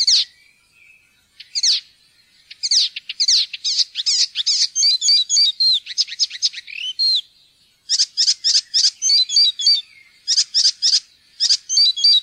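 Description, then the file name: Icterine warbler delivering a long, busy song of high chirps, nasal notes and looping whistles, repeated rapidly with brief gaps. "gulsanger"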